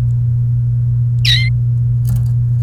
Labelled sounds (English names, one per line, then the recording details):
Domestic Canary song
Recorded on 28 April 2018 at 12:23
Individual llb3